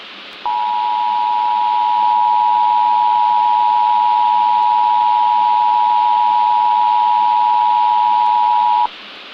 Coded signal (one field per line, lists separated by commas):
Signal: Emergency Alert System (SAME) tones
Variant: 853 and 960 Hz attention tone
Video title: Black Hole Sun - A Short EAS Scenario